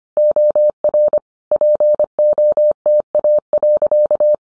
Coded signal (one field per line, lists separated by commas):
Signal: Morse code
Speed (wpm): 25 wpm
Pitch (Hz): 600 Hz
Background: none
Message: OR POTA.